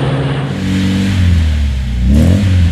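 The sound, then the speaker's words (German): An Opel Manta's engine revs with a loud, steady growl that dips slightly, then climbs in pitch near the end as the throttle opens. No voices accompany it. “Opel Manta, weil man was vom Fahren versteht.”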